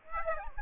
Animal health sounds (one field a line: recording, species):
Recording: mosquito wingbeat signal from an infrared sensor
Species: Aedes aegypti